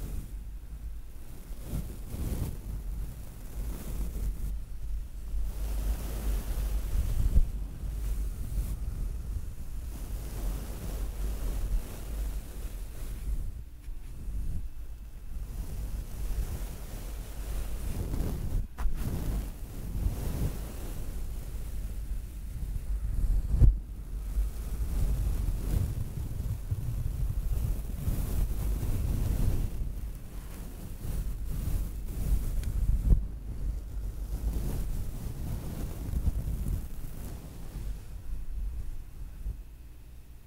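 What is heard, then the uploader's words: A bare microphone is brushed continuously, producing a dense, rough swishing that surges and eases in waves, with a heavy low rumble underneath. Brief pauses come around 14, 18 and 23 seconds, and a louder stretch near the end resembles gusting wind. ASMR Bare Mic Brushing At 100% Sensitivity (No Talking).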